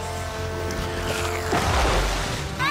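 A motorboat races across a lake, its engine droning at a steady pitch over rushing, splashing spray that swells louder midway, with a brief whooshing rise at the end.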